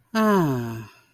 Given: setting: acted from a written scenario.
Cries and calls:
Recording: vocal sound without words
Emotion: contentment

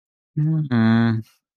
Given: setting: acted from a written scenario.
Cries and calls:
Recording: vocal sound without words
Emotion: shame

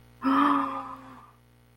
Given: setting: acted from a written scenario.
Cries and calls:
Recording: vocal sound without words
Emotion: fear

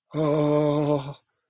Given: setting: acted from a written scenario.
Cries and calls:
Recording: vocal sound without words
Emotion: fear

